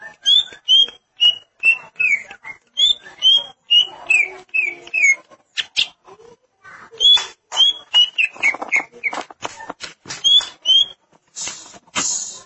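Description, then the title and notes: Greater green leafbird song: repeated bright slurred whistles in rapid runs, interspersed with sharp clicks and brief harsh bursts. "Suara Kicauan Burung Cucak Ijo"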